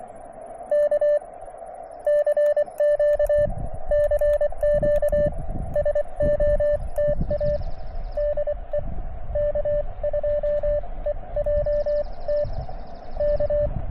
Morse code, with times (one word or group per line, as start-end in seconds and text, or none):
0.7-1.2 K
2.1-3.5 CQ
3.9-5.3 CQ
5.8-7.6 SOTA
8.2-8.8 DE
9.4-12.4 K2EJT
13.2-13.7 K